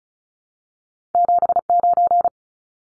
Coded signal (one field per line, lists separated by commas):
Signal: Morse code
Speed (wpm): 34 wpm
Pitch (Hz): 700 Hz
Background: none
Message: 79